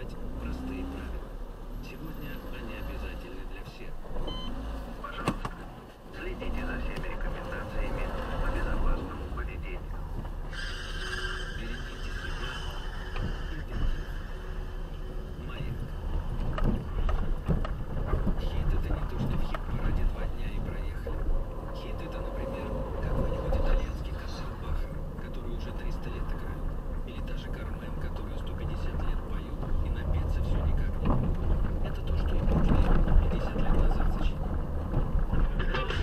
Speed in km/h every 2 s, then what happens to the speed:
2, 2, 0, 1, 15, 18, 14, 15, 15, 14, 15, 15, 25, 24, 27, 23, 23, 22.
0-6 standing. 6-9 pulls away to 18. 9-22 steady at about 15. 22-24 speeds up to 25. 24-36 steady at about 23.